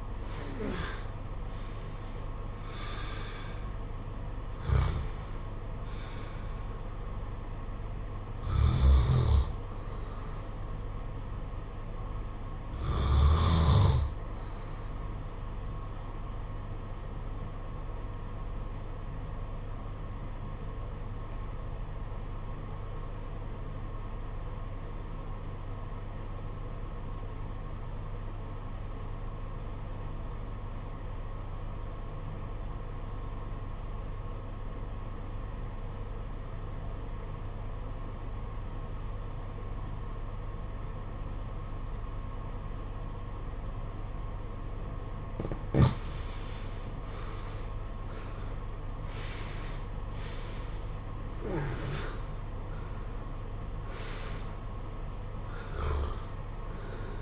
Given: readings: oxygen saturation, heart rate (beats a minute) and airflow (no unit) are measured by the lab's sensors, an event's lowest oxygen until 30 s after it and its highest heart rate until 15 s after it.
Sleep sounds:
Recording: breathing in sleep by a smartphone at the bedside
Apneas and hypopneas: 1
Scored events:
17.00-47.20 s: obstructive apnea (REM, oxygen 94% highest, then 71% lowest, heart rate 61 at the start, 86 highest)
From the record:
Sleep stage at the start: REM sleep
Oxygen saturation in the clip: 66 to 94%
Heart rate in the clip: 51 to 94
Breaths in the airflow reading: 9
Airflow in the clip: -17.6 to 17.2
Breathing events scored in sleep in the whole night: 476 in 9.7 hours asleep

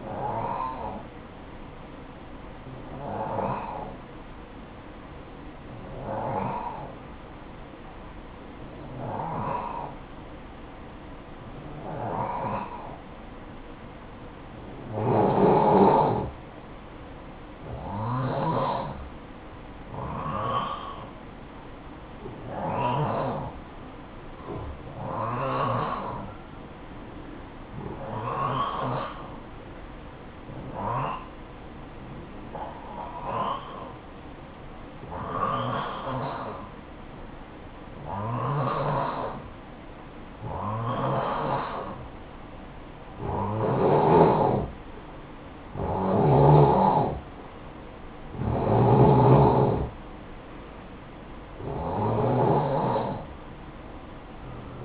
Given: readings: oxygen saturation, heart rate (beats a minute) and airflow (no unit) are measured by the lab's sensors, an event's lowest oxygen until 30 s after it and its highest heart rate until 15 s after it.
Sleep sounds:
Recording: breathing in sleep by a voice recorder at the bedside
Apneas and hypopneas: 1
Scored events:
4.00-44.30 s: hypopnea (N2, oxygen 93% highest, then 88% lowest, heart rate 57 at the start, 62 highest)
From the record:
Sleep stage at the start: N2 (light sleep)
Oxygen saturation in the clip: 88 to 93%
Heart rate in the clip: 52 to 62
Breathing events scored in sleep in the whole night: 573 in 9.8 hours asleep

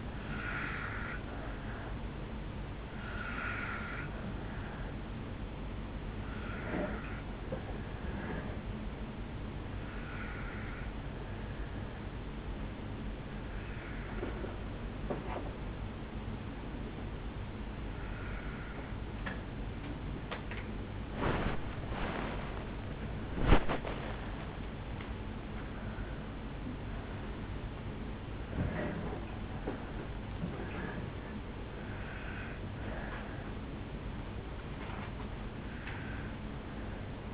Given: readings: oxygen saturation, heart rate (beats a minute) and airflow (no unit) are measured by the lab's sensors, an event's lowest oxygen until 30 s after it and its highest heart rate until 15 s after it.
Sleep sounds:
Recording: breathing in sleep by a voice recorder at the bedside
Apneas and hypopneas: 1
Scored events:
6.00-23.40 s: hypopnea (N2, oxygen 94% highest, then 94% lowest, heart rate 63 at the start, 65 highest)
12.00-37.34 s: new sleep stage, N1 (lightest sleep)
From the record:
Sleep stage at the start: N2 (light sleep)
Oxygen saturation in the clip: 79 to 97%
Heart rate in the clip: 50 to 74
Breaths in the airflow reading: 6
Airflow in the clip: -7.5 to 7.0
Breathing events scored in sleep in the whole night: 449 in 7.0 hours asleep

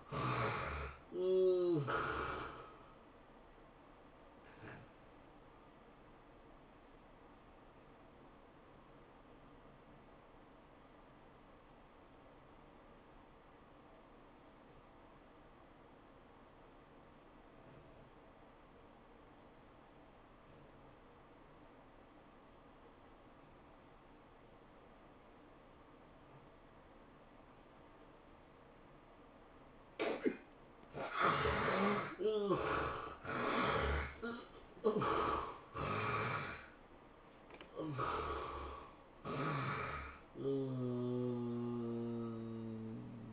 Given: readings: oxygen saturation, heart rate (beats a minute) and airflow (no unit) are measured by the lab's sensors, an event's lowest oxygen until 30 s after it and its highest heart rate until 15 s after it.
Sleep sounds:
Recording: breathing in sleep by a voice recorder at the bedside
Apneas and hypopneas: 1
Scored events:
9.00-30.60 s: obstructive apnea (N2, oxygen 88% highest, then 70% lowest, heart rate 103 at the start, 117 highest)
39.00-43.33 s: new sleep stage, N1 (lightest sleep)
From the record:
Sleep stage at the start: N2 (light sleep)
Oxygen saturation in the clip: 64 to 88%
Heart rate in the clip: 90 to 117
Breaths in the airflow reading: 6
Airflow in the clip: -18.5 to 11.1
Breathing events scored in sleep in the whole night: 403 in 5.5 hours asleep

